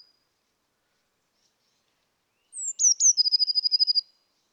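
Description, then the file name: Eurasian blue tit, one song phrase after a quiet stretch: high falling introductory notes, then a fast, even trill lasting about a second. "Cyanistes caeruleus"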